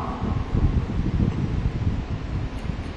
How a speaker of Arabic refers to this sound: أدر المروحة دي قليلا عنا، الله يبارك فيك.